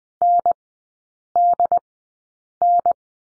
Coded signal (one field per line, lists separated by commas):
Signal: Morse code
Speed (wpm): 20 wpm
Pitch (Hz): 700 Hz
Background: none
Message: NDN